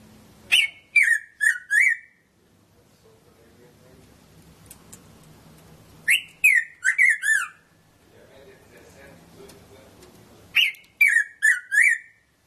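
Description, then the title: Red-throated parrotfinch repeats bursts of four downward-sliding notes about every five seconds, with soft background murmur between. "Erythrura Psittacea"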